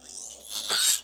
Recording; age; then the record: pig call; piglet (1 to 25 days)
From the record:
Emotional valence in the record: negative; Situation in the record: castration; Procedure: castration, cut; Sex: male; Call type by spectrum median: high-frequency call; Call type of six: mixed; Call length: 1.04 s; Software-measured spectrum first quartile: 3758 Hz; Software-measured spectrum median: 5911 Hz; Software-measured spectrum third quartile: 8199 Hz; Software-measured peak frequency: 7465 Hz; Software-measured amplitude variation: 130 dB a second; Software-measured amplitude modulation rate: 19.7 a second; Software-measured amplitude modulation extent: 6.6 dB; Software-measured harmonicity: 0.3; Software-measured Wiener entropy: -1.66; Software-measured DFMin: 1255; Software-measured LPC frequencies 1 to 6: 1493, 3683, 4519, 6352, 7468, 8184 Hz